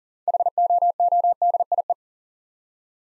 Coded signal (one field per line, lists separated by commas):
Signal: Morse code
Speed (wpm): 42 wpm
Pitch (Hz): 700 Hz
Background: none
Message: HOODIE